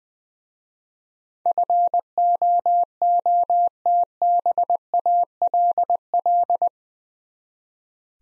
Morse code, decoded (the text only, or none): FOOTBALL